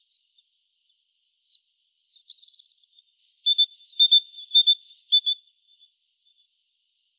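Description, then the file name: Great tit: faint scattered high notes at first, then a loud run of alternating high-low whistled phrases, fading into softer single notes at the end. "Parus major"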